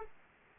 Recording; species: mosquito wingbeat signal from an infrared sensor; Aedes aegypti